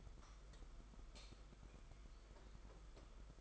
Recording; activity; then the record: daily activity, microphone in the room; light on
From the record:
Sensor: 5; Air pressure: 991.2 hPa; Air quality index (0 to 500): 108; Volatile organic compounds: 24 ppm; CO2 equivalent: 2802 ppm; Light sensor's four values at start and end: 18/43/17/19 and 19/48/19/21